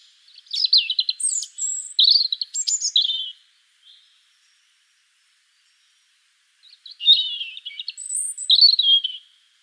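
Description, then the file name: European robin song: two high, thin warbling phrases of mixed whistles and quick trills, each about three seconds, separated by a pause of roughly three seconds; quiet background. "Erithacus rubecula"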